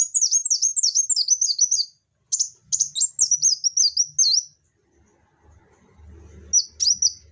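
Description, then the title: Spiderhunter song: rapid runs of sharp, high, down-slurred chips in bursts separated by short pauses, over a faint low rumble. Song described as lively, clear and long. "Pijantung Gunung Gacor Jernih Panjang"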